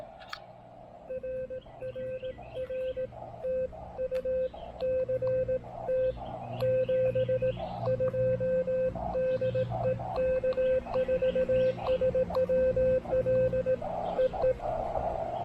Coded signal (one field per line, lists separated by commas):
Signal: Morse code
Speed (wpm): 18 wpm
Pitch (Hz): 520 Hz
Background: radio noise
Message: R R R TU CT 72 DE K4SWL EE